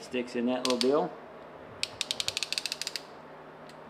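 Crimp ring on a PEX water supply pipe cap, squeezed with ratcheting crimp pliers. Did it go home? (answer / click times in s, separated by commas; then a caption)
yes / 1.8 s, 2.1 s, 2.2 s, 2.3 s, 2.4 s. Someone talks, then ratcheting crimping pliers are squeezed on a copper crimp ring over a PEX water supply pipe and cap. A rapid series of ratchet clicks is heard at 1.8, 2.1, 2.2, 2.3, 2.4 and 2.4 seconds, continuing until the tool reaches full crimp and releases. The crimp is completed.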